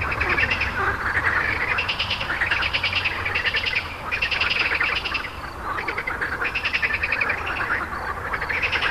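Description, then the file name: Frogs calling in bursts, pulsed rattling croaks coming in waves separated by short quieter gaps. "grenouilles"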